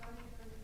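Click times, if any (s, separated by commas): 0.0 s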